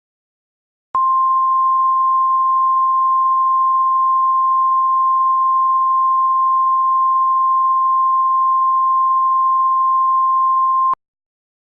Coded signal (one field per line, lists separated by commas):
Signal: Emergency Alert System (SAME) tones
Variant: 1050 Hz attention tone